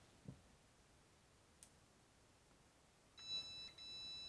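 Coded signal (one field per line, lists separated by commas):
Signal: beep code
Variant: electronic deadbolt keypad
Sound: quiet room, then two high electronic beeps, the second cut off at the end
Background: quiet room, faint clicks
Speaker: So we do program, two beeps. Hit one two.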